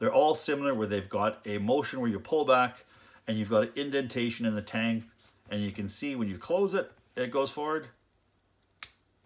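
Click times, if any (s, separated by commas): 8.8 s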